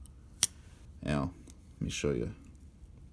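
The CV steel blade of a Case Cheetah folding pocket knife is swung back closed into the handle against the backspring, ending in a sharp, loud snap at 0.4 s as the blade seats shut. Afterward someone talks.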